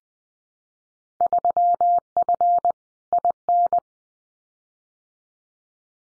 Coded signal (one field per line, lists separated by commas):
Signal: Morse code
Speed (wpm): 20 wpm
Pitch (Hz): 700 Hz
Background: none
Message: 3F IN